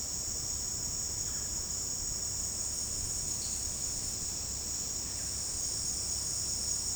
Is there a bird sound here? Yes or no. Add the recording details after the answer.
no. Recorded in secondary vegetation near Puerto Asís, Putumayo, Colombia, on 18 February 2024 at 16:30. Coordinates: 0.489, -76.322. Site G6419